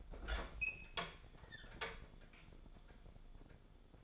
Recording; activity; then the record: daily activity, microphone in the room; open fridge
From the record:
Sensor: 5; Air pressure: 1004.7 hPa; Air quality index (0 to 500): 158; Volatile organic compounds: 3 ppm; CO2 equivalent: 1493 ppm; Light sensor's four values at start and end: 21/47/19/17 and 22/51/20/19